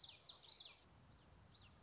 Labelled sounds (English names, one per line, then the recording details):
Common Yellowthroat
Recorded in Sonoma County, California